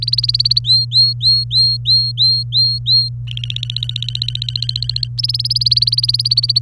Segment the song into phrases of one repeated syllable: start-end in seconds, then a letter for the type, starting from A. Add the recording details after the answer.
0.00-0.59 A, 0.65-3.09 B, 3.27-5.08 C, 5.18-6.59 A. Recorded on 24 April 2018 at 08:04. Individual llb3